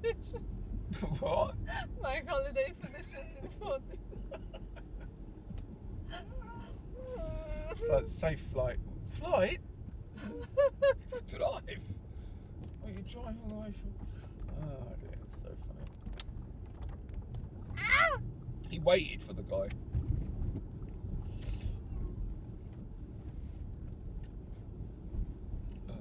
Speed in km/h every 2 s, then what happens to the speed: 31, 35, 35, 23, 18, 19, 18, 16, 23, 31, 26, 26, 29.
4-7 brakes to 18. 7-13 steady at about 18. 13-18 speeds up to 31. 18-26 steady at about 26.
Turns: 13-17.